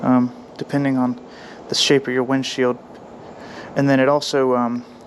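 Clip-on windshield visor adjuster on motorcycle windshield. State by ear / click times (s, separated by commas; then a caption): not seated / none. A plastic adjuster on a Puig clip-on visor, mounted on the windshield of a Honda Rebel 500 motorcycle, is being handled and moved side to side on its mount while someone talks. Nothing has seated or clicked into a set position yet.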